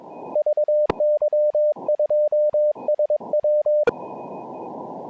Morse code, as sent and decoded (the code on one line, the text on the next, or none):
...- -.-- ..--- ... .--
VY2SW